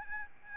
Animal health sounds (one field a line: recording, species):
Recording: mosquito wingbeat signal from an infrared sensor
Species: Aedes albopictus